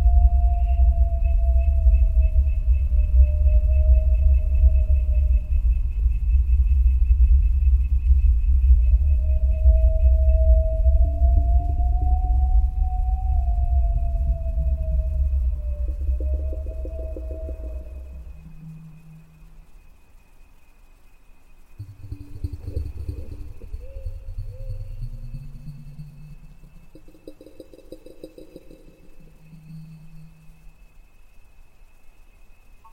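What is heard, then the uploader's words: Haunted cemetery ambience: a heavy low rumble fills the first eighteen seconds while a thin, wavering wail glides up and down above it, with a faint steady whine high overhead. The rumble then drops away, and from about twenty-two seconds eerie sliding groans and warbling tones swell and fade. Thai haunted cemetery ASMR Ambience เสียงบรรยากาศหลอนๆ ในป่าช้ากลางดึก. Female ghost walking around the cemetery looking for her lost baby , singing lullaby and call for help.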